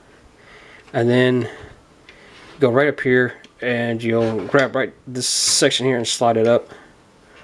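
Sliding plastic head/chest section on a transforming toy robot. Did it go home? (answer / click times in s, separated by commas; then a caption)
no / none. Someone talks while handling a plastic head/chest section on a transforming toy robot, a Transformers Combiner Wars Voyager Class Long Haul, getting ready to slide it up to reveal the head. A short faint tick is heard near 2.1 s, but the section has not yet clicked or seated into place.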